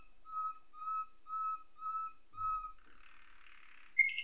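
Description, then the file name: Atlantic canary giving a series of clear, pure whistled notes, five in a row about half a second apart, followed by a rough churring passage and a sudden bright note. Canary song tutored with nightingale song, a style called isian nightingale. "suara kenari isian nightingale"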